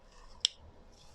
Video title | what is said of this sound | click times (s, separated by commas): AUGMENTER la PUISSANCE de sa VOITURE pour PAS CHER 🤑 (+10-15ch) PROBLÈMES SUR LE BANC 😔 | J'ai entendu un petit clac. | 0.4 s